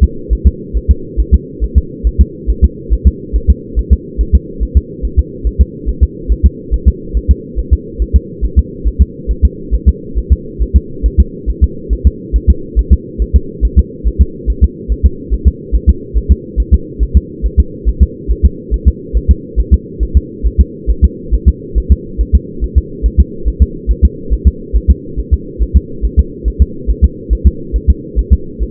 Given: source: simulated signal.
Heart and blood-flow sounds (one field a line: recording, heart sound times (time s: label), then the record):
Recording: fetal heart sounds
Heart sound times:
0.03 s: S2
0.33 s: S1
0.47 s: S2
0.77 s: S1
0.91 s: S2
1.20 s: S1
1.34 s: S2
1.64 s: S1
1.78 s: S2
2.07 s: S1
2.21 s: S2
2.50 s: S1
2.64 s: S2
2.93 s: S1
3.07 s: S2
3.36 s: S1
3.50 s: S2
3.79 s: S1
3.93 s: S2
4.21 s: S1
4.35 s: S2
4.63 s: S1
4.77 s: S2
5.05 s: S1
5.19 s: S2
5.47 s: S1
5.61 s: S2
5.89 s: S1
6.03 s: S2
6.32 s: S1
6.46 s: S2
6.74 s: S1
6.88 s: S2
7.17 s: S1
7.31 s: S2
7.59 s: S1
7.73 s: S2
8.02 s: S1
8.16 s: S2
8.45 s: S1
8.59 s: S2
8.88 s: S1
9.02 s: S2
9.31 s: S1
9.45 s: S2
9.75 s: S1
9.89 s: S2
10.18 s: S1
10.33 s: S2
10.62 s: S1
10.76 s: S2
11.06 s: S1
11.20 s: S2
11.50 s: S1
11.64 s: S2
11.93 s: S1
12.07 s: S2
12.36 s: S1
12.50 s: S2
12.79 s: S1
12.93 s: S2
13.22 s: S1
13.36 s: S2
13.65 s: S1
13.79 s: S2
14.07 s: S1
14.22 s: S2
14.50 s: S1
14.64 s: S2
14.92 s: S1
15.06 s: S2
15.34 s: S1
15.48 s: S2
15.75 s: S1
15.89 s: S2
16.17 s: S1
16.31 s: S2
16.60 s: S1
16.74 s: S2
17.03 s: S1
17.17 s: S2
17.46 s: S1
17.60 s: S2
17.89 s: S1
18.03 s: S2
18.31 s: S1
18.45 s: S2
18.74 s: S1
18.88 s: S2
19.17 s: S1
19.31 s: S2
19.59 s: S1
19.74 s: S2
20.03 s: S1
20.17 s: S2
20.46 s: S1
20.61 s: S2
20.90 s: S1
21.05 s: S2
21.34 s: S1
21.48 s: S2
21.78 s: S1
21.92 s: S2
22.21 s: S1
22.35 s: S2
22.64 s: S1
22.78 s: S2
23.06 s: S1
23.20 s: S2
23.48 s: S1
23.62 s: S2
23.91 s: S1
24.05 s: S2
24.33 s: S1
24.47 s: S2
24.76 s: S1
24.90 s: S2
25.20 s: S1
25.34 s: S2
25.62 s: S1
25.77 s: S2
26.05 s: S1
26.19 s: S2
26.48 s: S1
26.62 s: S2
26.90 s: S1
27.04 s: S2
27.33 s: S1
27.47 s: S2
27.76 s: S1
27.90 s: S2
28.19 s: S1
28.33 s: S2
28.62 s: S1
From the record:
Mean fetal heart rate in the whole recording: 140 bpm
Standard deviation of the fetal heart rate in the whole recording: 2 bpm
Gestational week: 34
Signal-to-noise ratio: -4.3 dB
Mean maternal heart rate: 72 bpm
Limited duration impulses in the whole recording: absent